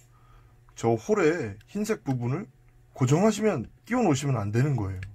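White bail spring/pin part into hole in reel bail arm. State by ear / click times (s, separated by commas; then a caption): not seated / none. While reassembling a spinning reel bail, someone handles the white bail spring/pin part at the hole in the reel bail arm, the wrong hole for it, since the reel can't be put back together once it's in there. Someone talks throughout, and nothing has seated or clicked yet by the end of the clip.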